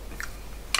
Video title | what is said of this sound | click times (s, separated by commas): HP9830A Tape Drive Sensor Repair | clicks shut which it does and opens properly which it does | 0.8 s